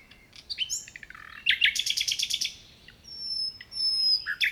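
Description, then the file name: Common nightingale song with quick clicks and a rapid run of repeated notes, then high thin whistled tones and a final burst. "Luscinia megarhynchos"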